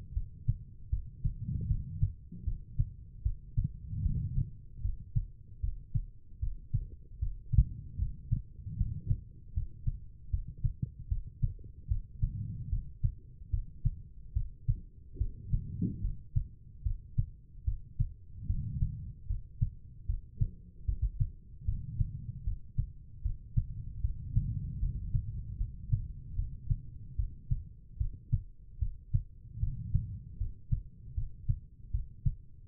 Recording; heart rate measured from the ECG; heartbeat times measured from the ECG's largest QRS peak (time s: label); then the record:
heart sounds by stethoscope; 76 bpm
0.13 s: heartbeat
0.89 s: heartbeat
1.67 s: heartbeat
2.43 s: heartbeat
3.22 s: heartbeat
4.02 s: heartbeat
4.81 s: heartbeat
5.60 s: heartbeat
6.39 s: heartbeat
7.18 s: heartbeat
7.97 s: heartbeat
8.76 s: heartbeat
9.53 s: heartbeat
10.29 s: heartbeat
11.07 s: heartbeat
11.87 s: heartbeat
12.68 s: heartbeat
13.49 s: heartbeat
14.32 s: heartbeat
15.17 s: heartbeat
16.00 s: heartbeat
16.82 s: heartbeat
17.64 s: heartbeat
18.46 s: heartbeat
19.26 s: heartbeat
20.05 s: heartbeat
20.84 s: heartbeat
21.64 s: heartbeat
22.43 s: heartbeat
23.21 s: heartbeat
24.00 s: heartbeat
24.79 s: heartbeat
25.56 s: heartbeat
26.35 s: heartbeat
27.15 s: heartbeat
27.97 s: heartbeat
28.78 s: heartbeat
29.59 s: heartbeat
30.37 s: heartbeat
31.13 s: heartbeat
31.90 s: heartbeat
32.67 s: heartbeat
From the record:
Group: healthy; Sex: female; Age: 43 years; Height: 160 cm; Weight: 90 kg